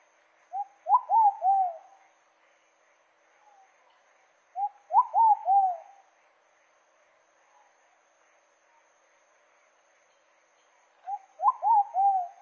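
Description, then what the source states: Pigeon giving its cooing song three times, each phrase a short introductory note followed by three mellow, bouncing coos. Song of the pigeon known in Portuguese as pomba-botafogo.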